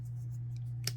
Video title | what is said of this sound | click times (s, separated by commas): Corner fold card | made sure when I put it on I hear that snap so I know it's in place doesn't dry out since it is an alcohol marker | 0.9 s